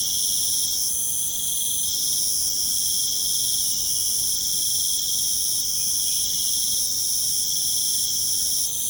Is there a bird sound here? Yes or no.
no